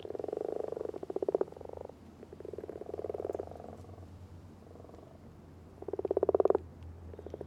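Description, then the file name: Frogs giving repeated pulsed croaks in several bursts, with quieter stretches between and a loud rattling burst toward the end over a low steady hum. Recorded 17 February 2009. "20090217 frogs"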